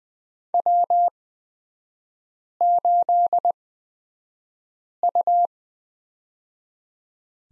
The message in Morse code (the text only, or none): W8U